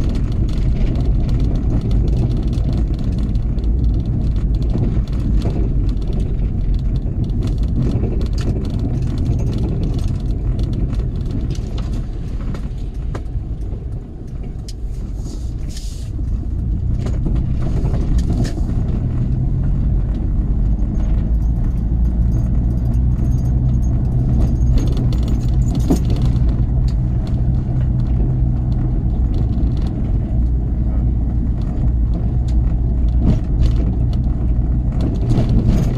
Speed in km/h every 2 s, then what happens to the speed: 21, 23, 19, 18, 18, 16, 13, 11, 11, 11, 18, 23, 24, 26, 26, 24, 24, 24.
0-9 steady at about 19. 9-16 slows to 11. 16-23 speeds up to 24. 23-36 steady at about 24.